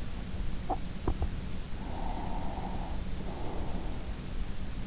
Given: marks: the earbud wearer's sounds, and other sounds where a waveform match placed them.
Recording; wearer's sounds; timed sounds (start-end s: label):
sounds in sleep by an in-ear microphone; swallowing, breath
0.34-1.50 s: swallowing
1.74-3.94 s: breath